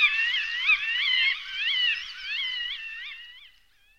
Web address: raptors species songs accipiter gentilis